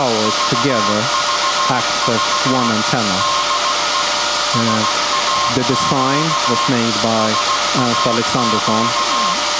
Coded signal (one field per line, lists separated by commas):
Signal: Morse code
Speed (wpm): 17 wpm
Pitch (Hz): 1060 Hz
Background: speech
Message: VVV DE SAQ SAQ